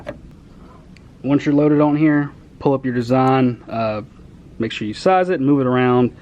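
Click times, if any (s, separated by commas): 0.1 s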